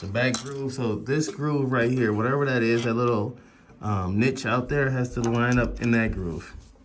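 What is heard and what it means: Someone talks while the bobbin case of an industrial Apex sewing machine is handled at the hook assembly, its small metal tab (niche) being lined up with the back groove. The bobbin case has not locked into place yet; nothing has seated or clicked.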